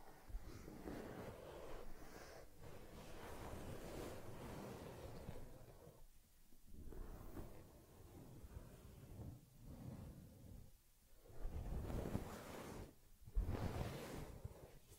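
Rustling and rubbing on a teddy bear as it is massaged and combed, a dense, low, scratchy sound like wind against a microphone. It runs nearly steady for six seconds, then comes in uneven strokes separated by brief silences around six, nine, eleven and thirteen seconds.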